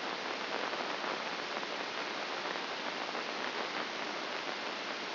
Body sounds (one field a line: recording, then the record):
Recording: brain microelectrode recording played as sound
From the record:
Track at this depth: inside the subthalamic nucleus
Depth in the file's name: 3.631 mm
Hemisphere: left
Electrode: 2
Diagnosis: Parkinson's disease